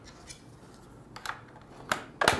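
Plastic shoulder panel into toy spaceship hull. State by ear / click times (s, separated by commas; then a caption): seated / 1.9 s, 2.2 s. A plastic shoulder panel is fitted onto the hull of a Star Wars The Vintage Collection Razor Crest toy spaceship by putting its tabs into their slots and pushing it down. After faint handling ticks, sharp plastic clicks ring out at 1.9 s and 2.2 s. The panel seats into place.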